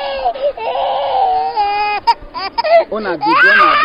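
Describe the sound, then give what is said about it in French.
A baby, child of a player in a women's football championship match, cries while its mother plays, in sustained, wavering high-pitched wails, broken by short gasping breaths and sobs, loud and continuous throughout. “Lors de ce match de championnat de football féminin, comme au cours du championnat, participent des joueuses qui ont des enfants qui doivent téter. Ces derniers pleurent pendant que leurs mamans sont en plein match comme celui-ci.”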